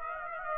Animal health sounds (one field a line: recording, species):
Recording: mosquito wingbeat signal from an infrared sensor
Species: Aedes aegypti